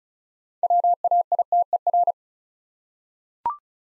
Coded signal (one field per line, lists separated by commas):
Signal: Morse code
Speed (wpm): 36 wpm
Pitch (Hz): 700 Hz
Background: none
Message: WAITER